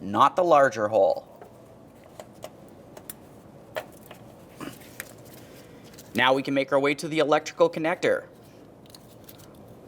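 On a 2009-2019 Ford Flex, with the new lower control arm in place, the ABS wheel-speed sensor wire is routed into the smaller hole and then handled on the way to pressing its plastic electrical connector into the vehicle-side harness plug. Someone talks at the start and end, with faint, short handling ticks in between. The clip ends before the connector goes home; nothing has seated or clicked yet.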